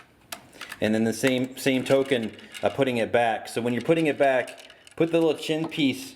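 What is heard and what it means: A robot head is pulled out of the plastic scorpion face mask it locks into on a MakeToys MCB-03P Devil Stinger (Black Zarak) transforming figure, and it takes a bit more force to free. A sharp click at 0.3 s marks the head popping free of the face lock. Someone then talks.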